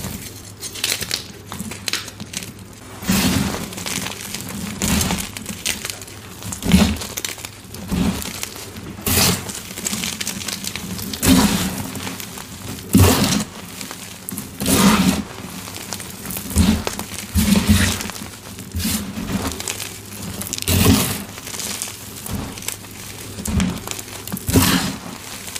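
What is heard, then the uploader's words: Chalk bombs filled with epsom salt are crushed by hand, giving dense, gritty crinkling and crunching that comes in repeated squeezes every second or two. The crackle is bright, with a faint low hum underneath. Crushing gym chalk bombs filled with epsom salt and crispy reforms.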